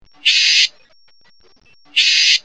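Bewick's wren giving two harsh, buzzy rasping calls, each under half a second, well spaced with quiet in between.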